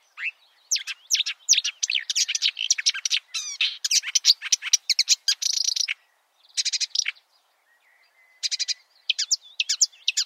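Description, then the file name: Marsh warbler song, loud and rapid, packed with chattering trills, harsh buzzes and quick whistles, broken by two brief pauses before resuming. "suara-kicauan-burung-marsh-warbler -omkicau"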